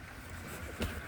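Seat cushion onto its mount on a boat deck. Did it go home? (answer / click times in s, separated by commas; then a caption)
no / none. A seat cushion is handled onto its mount on the deck of a 2024 Boston Whaler 170 Montauk. Only steady low rumble and wind-like noise are heard, with a brief broadband swell near 0.8 s. Nothing has seated or clicked yet.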